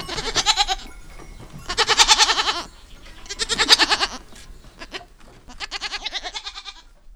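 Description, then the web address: Goat bleats, wavering and nasal, in several bursts, the later ones softer. Several goats recorded on a farm. "Les chevres. un jour a la ferme"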